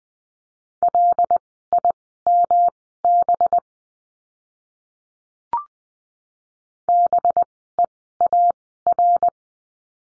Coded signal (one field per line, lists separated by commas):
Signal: Morse code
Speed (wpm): 20 wpm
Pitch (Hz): 700 Hz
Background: none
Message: LIMB BEAR